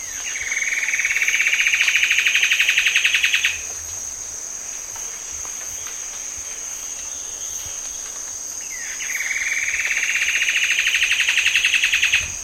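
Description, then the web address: Common paradise kingfisher giving two long, fast, rattling trills that climb in pitch and swell, separated by a pause of about five and a half seconds, over a constant high-pitched insect drone. Recorded in Indonesia. "ULM-DS-Lab indonesian-bird-sounds. Tanysiptera galatea"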